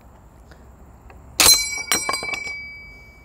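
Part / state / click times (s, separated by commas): en bloc clip leaving a semi-automatic rifle's internal magazine / released / 1.4 s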